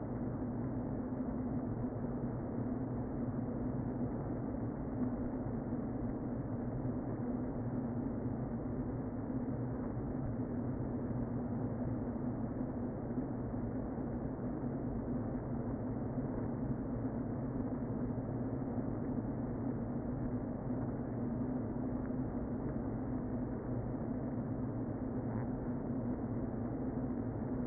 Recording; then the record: honeybee colony, microphone inside the hive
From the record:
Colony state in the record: queen present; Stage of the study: before two queens were removed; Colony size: about 60,000 bees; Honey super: yes